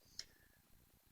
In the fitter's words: and you can cycle it closed and then to open is the reverse and you'll hear that lock snap in place